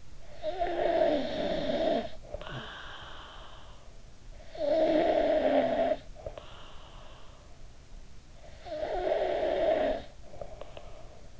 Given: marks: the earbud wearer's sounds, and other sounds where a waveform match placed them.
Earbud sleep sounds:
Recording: sounds in sleep by an in-ear microphone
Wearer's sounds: snoring breath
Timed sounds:
0.00-3.54 s: snoring breath
4.31-7.51 s: snoring breath
8.40-11.40 s: snoring breath

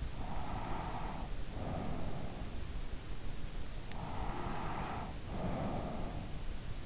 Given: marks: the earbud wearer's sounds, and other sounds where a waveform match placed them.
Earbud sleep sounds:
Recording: sounds in sleep by an in-ear microphone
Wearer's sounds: breath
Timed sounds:
0.07-2.84 s: breath
3.55-6.86 s: breath

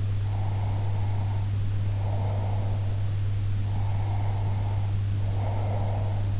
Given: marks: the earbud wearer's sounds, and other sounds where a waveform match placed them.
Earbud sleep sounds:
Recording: sounds in sleep by an in-ear microphone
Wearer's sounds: breath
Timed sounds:
0.24-3.01 s: breath
3.64-6.30 s: breath

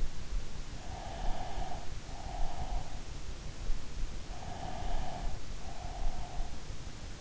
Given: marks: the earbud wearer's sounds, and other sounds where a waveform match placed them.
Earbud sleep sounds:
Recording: sounds in sleep by an in-ear microphone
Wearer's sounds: breath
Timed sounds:
1.05-3.19 s: breath
4.47-6.67 s: breath

